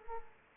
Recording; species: mosquito wingbeat signal from an infrared sensor; Culex pipiens